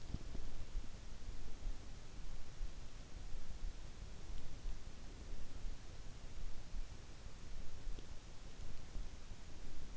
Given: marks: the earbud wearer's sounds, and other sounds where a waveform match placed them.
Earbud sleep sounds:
sounds in sleep by an in-ear microphone; teeth grinding
0.00-0.67 s: teeth grinding

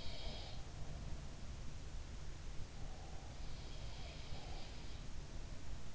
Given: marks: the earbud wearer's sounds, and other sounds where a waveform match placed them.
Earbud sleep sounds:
sounds in sleep by an in-ear microphone; breath
0.00-0.80 s: sound from someone else or the room
2.87-4.77 s: breath
3.63-4.99 s: sound from someone else or the room

